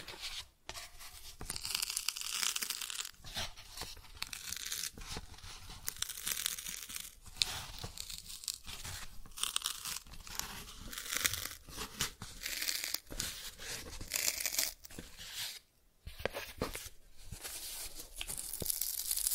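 Cardboard being scratched and torn, a dense, uneven stream of rough scraping and ripping strokes that rarely pauses. The sound is bright and gritty, with sharp crackling bursts throughout and brief gaps of near silence around 1.5 and 16 seconds.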